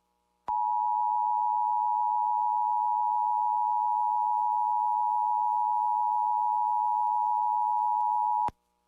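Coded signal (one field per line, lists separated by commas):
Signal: Emergency Alert System (SAME) tones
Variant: 853 and 960 Hz attention tone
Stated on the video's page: Compilation of personally captured EAS alerts from Houston.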